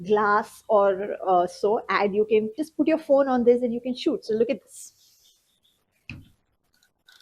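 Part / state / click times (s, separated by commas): suction-cup phone mount locking onto a glass surface / seated / 6.1 s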